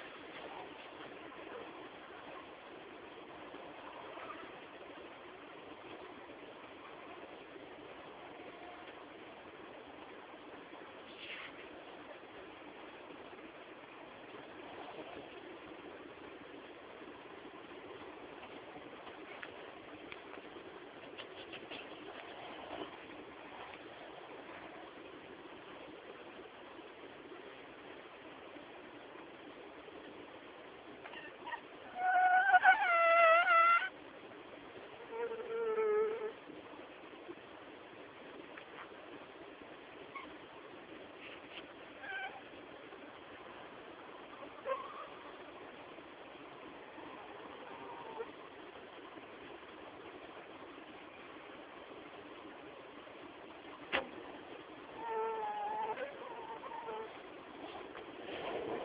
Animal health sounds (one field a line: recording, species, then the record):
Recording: mosquito flight sound by mobile phone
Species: Anopheles dirus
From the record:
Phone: Samsung T209